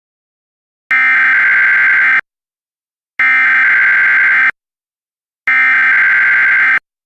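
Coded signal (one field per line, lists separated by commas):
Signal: Emergency Alert System (SAME) tones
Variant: header bursts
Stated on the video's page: Simulated EAS scenario made with Audacity.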